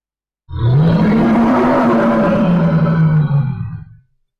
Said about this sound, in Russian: Воздух сотрясает оглушительный первобытный рев.